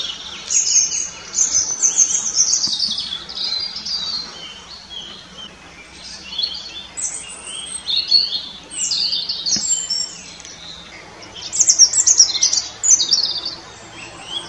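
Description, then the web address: European robin song: high, thin warbling phrases of tinkling notes, each lasting a few seconds, separated by pauses. "ptaki rudzik rudzik"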